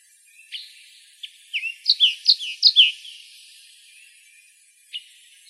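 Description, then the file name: Olive warbler calls: a few scattered high chips, then a quick run of bright, slurred notes around the middle, with one sharp chip near the end. Recorded in Arizona. "OLWA 3 B deviche"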